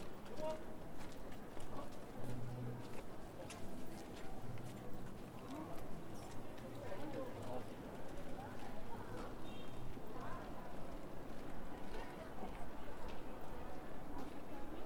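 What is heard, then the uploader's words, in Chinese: A busy pedestrian street scene at Zhongjie in Shenyang, with a steady mass of overlapping voices and crowd chatter throughout. Scattered footsteps and brief clicks punctuate the din, while a low hum, possibly from passing vehicles, sits underneath and swells around the two- and five-second marks. 沈阳，中街。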